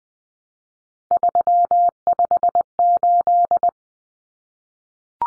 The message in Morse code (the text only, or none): 358